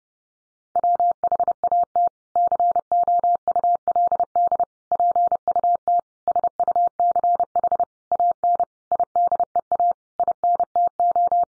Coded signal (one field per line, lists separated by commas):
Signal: Morse code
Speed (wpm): 30 wpm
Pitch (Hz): 700 Hz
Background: none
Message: WHAT COULD PUT SUCH AN IDEA INTO